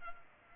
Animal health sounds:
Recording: mosquito wingbeat signal from an infrared sensor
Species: Culex pipiens

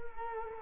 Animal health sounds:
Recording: mosquito wingbeat signal from an infrared sensor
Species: Culex quinquefasciatus

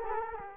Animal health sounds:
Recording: mosquito wingbeat signal from an infrared sensor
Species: Culex quinquefasciatus

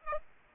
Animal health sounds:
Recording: mosquito wingbeat signal from an infrared sensor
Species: Aedes aegypti

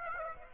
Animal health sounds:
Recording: mosquito wingbeat signal from an infrared sensor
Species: Aedes aegypti

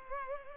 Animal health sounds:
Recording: mosquito wingbeat signal from an infrared sensor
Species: Culex pipiens

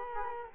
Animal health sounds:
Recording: mosquito wingbeat signal from an infrared sensor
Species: Culex quinquefasciatus

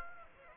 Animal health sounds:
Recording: mosquito wingbeat signal from an infrared sensor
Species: Aedes aegypti

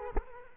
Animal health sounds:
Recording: mosquito wingbeat signal from an infrared sensor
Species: Culex quinquefasciatus

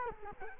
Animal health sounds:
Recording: mosquito wingbeat signal from an infrared sensor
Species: Culex quinquefasciatus

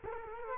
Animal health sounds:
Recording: mosquito wingbeat signal from an infrared sensor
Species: Culex quinquefasciatus

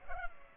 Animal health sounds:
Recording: mosquito wingbeat signal from an infrared sensor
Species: Culex pipiens

